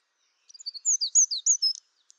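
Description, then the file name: Eurasian wren song fragment: a short run of high, quick whistled and slurred notes, followed by a single faint click. "Troglodytes troglodytes"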